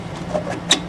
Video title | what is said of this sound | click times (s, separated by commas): Oldcastle Driver Safety Video | you pull the ratchet all the way till you hear it click. It's releasing. | 0.7 s